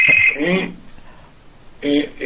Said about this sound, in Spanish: Teléfono por aquí.